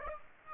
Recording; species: mosquito wingbeat signal from an infrared sensor; Aedes aegypti